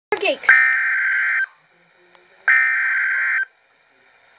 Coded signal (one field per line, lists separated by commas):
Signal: Emergency Alert System (SAME) tones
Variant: header bursts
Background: speech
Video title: REAL EAS 205- tornado warning